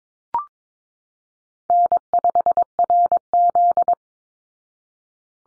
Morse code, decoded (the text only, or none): N5RZ